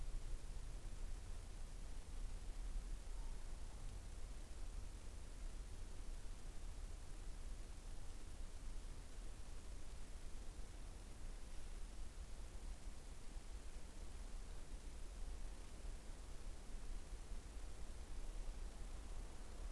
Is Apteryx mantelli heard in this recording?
no